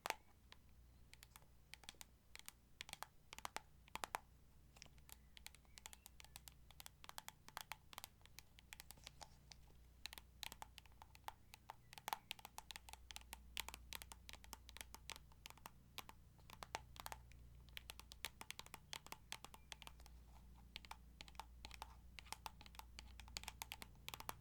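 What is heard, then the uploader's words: Tapping on a hard surface, like fingers on a keyboard, runs the whole way through in quick, uneven bursts of sharp clicks. The taps grow denser after about ten seconds. A low, steady hum sits underneath. ASMR Tapping To Help You Sleep (No Talking).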